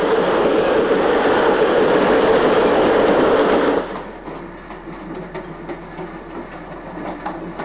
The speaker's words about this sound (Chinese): 你说这火车要去澳洲的话该多好啊。